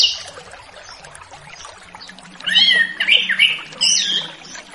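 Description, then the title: Orange-headed thrush song, a burst of varied whistled and slurred phrases after a quiet start, with a faint low hum underneath. Relaxed 'ngeplong' song style, used as a lure for a loose spotted orange-headed thrush. "Anis Kembang Ngeplong Santai , Untuk Pancingan Anis Kembang Lepas Trotol"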